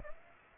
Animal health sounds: mosquito wingbeat signal from an infrared sensor; Aedes aegypti

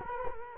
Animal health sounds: mosquito wingbeat signal from an infrared sensor; Culex quinquefasciatus

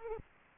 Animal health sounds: mosquito wingbeat signal from an infrared sensor; Aedes aegypti

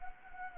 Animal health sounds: mosquito wingbeat signal from an infrared sensor; Anopheles gambiae

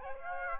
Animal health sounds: mosquito wingbeat signal from an infrared sensor; Aedes aegypti

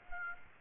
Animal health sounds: mosquito wingbeat signal from an infrared sensor; Aedes aegypti

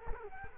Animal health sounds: mosquito wingbeat signal from an infrared sensor; Culex quinquefasciatus

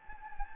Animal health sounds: mosquito wingbeat signal from an infrared sensor; Anopheles gambiae

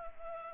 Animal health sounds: mosquito wingbeat signal from an infrared sensor; Culex pipiens

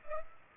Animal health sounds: mosquito wingbeat signal from an infrared sensor; Culex pipiens

